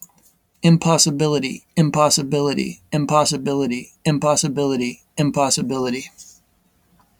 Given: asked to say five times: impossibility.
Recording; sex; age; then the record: repeated word; male; 30 to 39 years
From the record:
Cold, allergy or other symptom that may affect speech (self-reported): no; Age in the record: 37 years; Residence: New York, United States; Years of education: 12